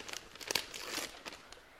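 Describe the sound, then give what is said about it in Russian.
A paper package is torn open, giving a flurry of dry crinkles and rips in short irregular bursts, fairly quiet, with no voices. “Пакет для вас, Боцман.”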